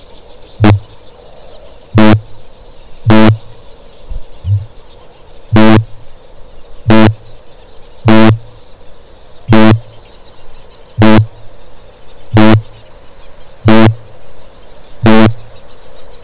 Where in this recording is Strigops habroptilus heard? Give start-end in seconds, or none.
0.23-15.62